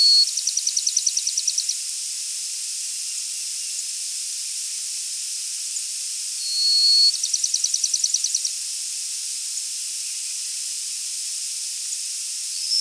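Bachman's sparrow singing: two songs, each a clear high whistle leading into a fast, even trill, with another whistle starting at the very end, against steady hiss.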